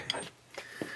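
A click-type torque wrench tightens a large nut on a hydraulic cylinder of a Mahindra 511B backhoe, and the wrench gives a sharp click at 0.1 s as it reaches its torque setting. Someone talks, and softer mechanical sounds follow around 0.6 s and 0.8 s.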